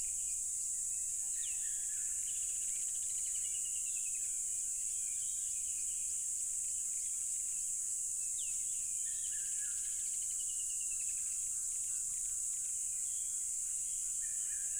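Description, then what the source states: Crickets keep up a continuous shrill, high-pitched drone throughout, while a few birds add short chirps and whistles. Loud crickets at a tropical river.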